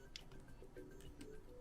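A SIM/memory card is pressed into a POCO M8 5G phone's card tray, giving a sharp click at 0.2 s, then a few faint taps and rustles. The card sits flush in the tray and does not fall out, but it is only partly in, not fully seated against the retention.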